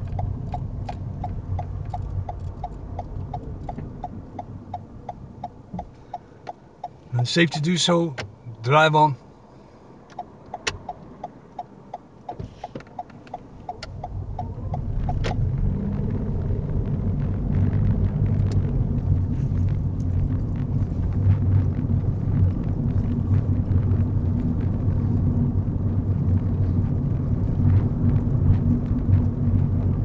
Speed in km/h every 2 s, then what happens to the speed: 8, 2, 0, 0, 0, 0, 11, 24, 31, 32, 32, 37, 37, 39, 39.
0-2 slows to 2. 2-10 standing. 10-30 pulls away to 39.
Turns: none.